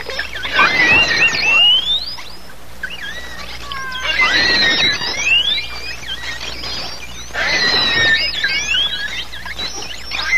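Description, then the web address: Pilot whale whistles in three dense bursts about three and a half seconds apart, each packed with upswept and wavering tones, quiet gaps between. "walvisstrandingen. pilot"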